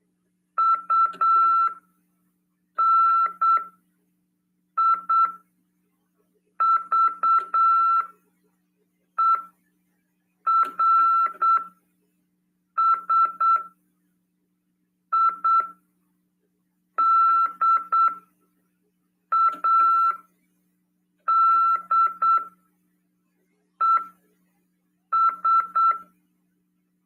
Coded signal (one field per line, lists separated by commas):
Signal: Morse code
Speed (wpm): 8 wpm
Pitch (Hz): 1340 Hz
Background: none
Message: UNIVERSIDADES